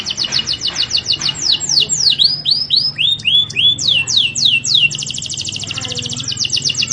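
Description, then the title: Canary song: fast, high trills of repeated notes, then a series of sweeping, down-slurred whistles, ending in a rapid rattling trill. Used as a lure to get lazy, silent canaries singing constantly. "mster Mnuk. PANCINGAN KENARI MALES BUNYI JADI GACOR"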